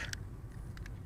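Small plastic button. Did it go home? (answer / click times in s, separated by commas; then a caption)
released / 0.1 s. A small release button on the arm of an F12W folding quadcopter drone is pressed, giving a sharp click at 0.1 s that releases the hold on the plastic prop guard. Two fainter clicks follow at about 0.8 and 0.9 s over a steady low-frequency hum.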